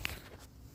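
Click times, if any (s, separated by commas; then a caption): none. An air intake component is taken off and being pushed back onto the intake assembly during an AEM cold air intake install on a truck. A brief sharp tick at 0.05 s is followed by quiet, low handling rustle. The clip ends before the part goes home, so nothing has seated or clicked yet.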